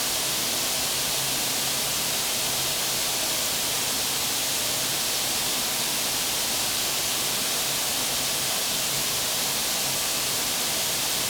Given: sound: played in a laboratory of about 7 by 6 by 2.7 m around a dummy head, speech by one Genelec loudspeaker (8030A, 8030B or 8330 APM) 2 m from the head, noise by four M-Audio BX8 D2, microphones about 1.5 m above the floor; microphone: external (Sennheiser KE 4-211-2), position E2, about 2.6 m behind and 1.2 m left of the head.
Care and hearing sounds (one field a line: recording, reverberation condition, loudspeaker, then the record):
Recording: white noise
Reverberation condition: high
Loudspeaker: four, about 170 cm from the corners of the room and facing them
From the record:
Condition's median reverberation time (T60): about 1300 ms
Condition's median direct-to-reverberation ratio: about -4.0 dB